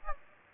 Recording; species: mosquito wingbeat signal from an infrared sensor; Aedes aegypti